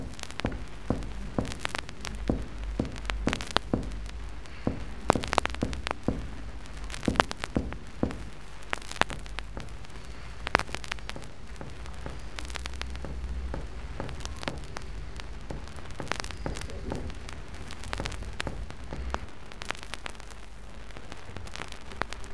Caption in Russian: Сравнительную перкуссию легких у больного с эксудативным плевритом здоровой стороне определяется ясный легочный звук и тупой звук над эксудатом.